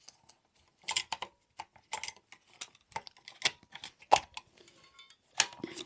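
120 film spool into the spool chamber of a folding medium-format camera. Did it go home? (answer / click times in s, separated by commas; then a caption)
yes / 5.4 s. A 120 film spool is pushed into the spool chamber of a Seagull 203 folding medium-format rangefinder camera while the paper-backed roll film is being loaded. A run of short crinkling, rustling and tapping handling sounds leads up to a sharp snap at 5.4 s as the spool clicks nicely into place and is seated.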